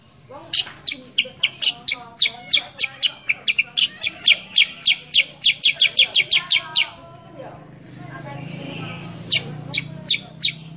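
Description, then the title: Sooty-headed bulbul song: a long string of crisp, high chirps that runs for about seven seconds, then a few scattered notes over a soft background hum. Meant to make a young, untrained sooty-headed bulbul respond at once and sing energetically. "Masteran Kutilang Sutra. MASTERAN BURUNG KUTILANG SUTRA BIKIN KUTILANG SUTRA BAHAN LANGSUNG RESPON BUNYI GACOR"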